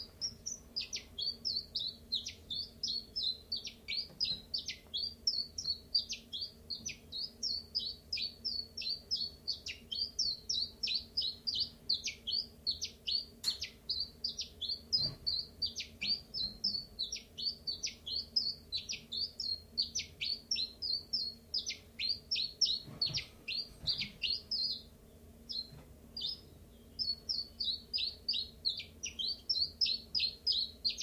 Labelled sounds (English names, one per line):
Common Chiffchaff